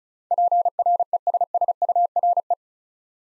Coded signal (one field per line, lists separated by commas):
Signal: Morse code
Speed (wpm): 36 wpm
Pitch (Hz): 700 Hz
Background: none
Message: PRESSURE